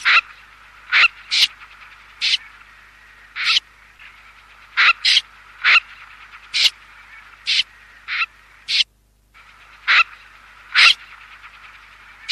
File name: BECCACCINO